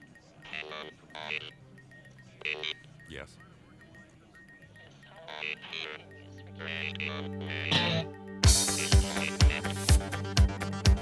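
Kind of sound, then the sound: signal or alarm, telephone ringing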